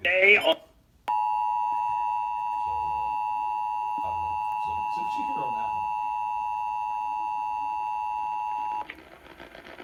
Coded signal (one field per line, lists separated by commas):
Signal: Emergency Alert System (SAME) tones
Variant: 853 and 960 Hz attention tone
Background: speech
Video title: DC Monthly March 2021: One radio? No problem!(EAS 480-490)